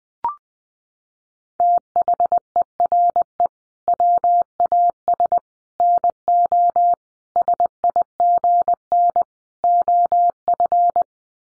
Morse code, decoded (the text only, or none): THERE WAS NO SIGN OF